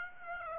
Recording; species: mosquito wingbeat signal from an infrared sensor; Aedes aegypti